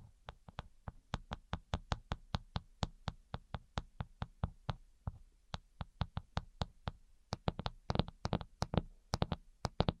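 Quick, crisp tapping runs through the whole ten seconds, sharp clicks landing several times a second in a loose, uneven rhythm. Each tap is bright and brief. Near the end the taps cluster more densely and grow louder, with a soft low hum underneath.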